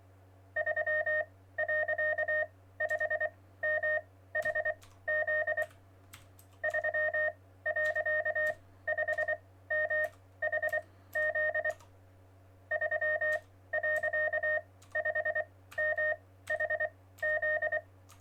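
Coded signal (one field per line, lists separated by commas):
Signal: Morse code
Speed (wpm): 24 wpm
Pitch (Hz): 1850 Hz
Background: none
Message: 3.5MHZ 3.5MHZ 3.5MHZ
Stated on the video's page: Test stream, checking levels.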